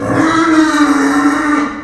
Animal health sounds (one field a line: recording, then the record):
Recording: squeal of a Yucatan mini pig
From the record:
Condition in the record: after surgery on the right vocal fold (resection and tissue-engineered implant)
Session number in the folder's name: 4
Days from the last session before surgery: 26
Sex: female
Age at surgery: 19 weeks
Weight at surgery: 25 kg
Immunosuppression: prednisolone